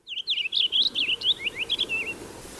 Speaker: purple finch. It's perched in a maple tree, singing.